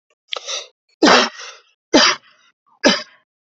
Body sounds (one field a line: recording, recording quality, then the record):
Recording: heavy voluntary cough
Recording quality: excellent, no background noise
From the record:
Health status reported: healthy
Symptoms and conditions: none ticked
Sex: male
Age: 19 years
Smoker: not ticked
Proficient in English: yes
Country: India